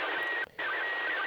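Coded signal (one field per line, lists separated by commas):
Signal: SSTV (slow-scan television)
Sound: warbling tone jumping between pitches with short low chirps, under loud hiss, brief cut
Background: FM radio static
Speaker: voilà ce que j'ai entendu d'année dans les oreillettes le signal du vss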